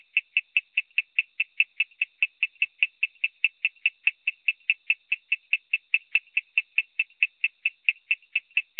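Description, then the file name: Coorg yellow bush frog calling in a fast, steady series of short, sharp clicking notes against a quiet background. "Raorchestes luteolus call"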